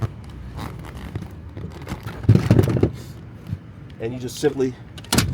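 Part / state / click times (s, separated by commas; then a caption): removable middle-row seat latching into the vehicle floor anchors / seated / 5.1 s. Someone talks while a heavy removable middle-row seat in a Chrysler Pacifica is lined back up and pushed down onto its floor anchors, with a cluster of clunks and rattles around 2.3–2.8 s. A sharp click at 5.1 s marks the seat latching into the floor anchors, seated back in place.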